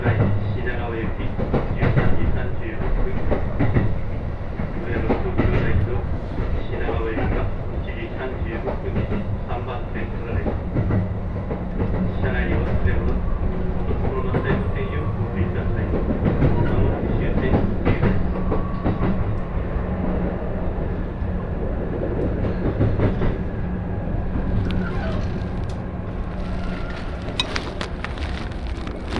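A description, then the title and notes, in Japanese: A Joban Line local train is heard from on board as it runs toward Toride, with a steady low rumble and rolling clatter throughout. A faint hum holds underneath, and brief rattles and knocks come every few seconds. Near the end, sharper, brighter clicks and squeaks appear. 耳で楽しむ鉄道旅 常磐線普通 石岡→土浦→取手。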